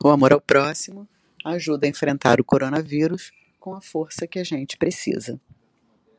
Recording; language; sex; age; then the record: spoken sentence; Brazilian Portuguese; female; 40 to 49 years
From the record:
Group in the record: control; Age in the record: 45 years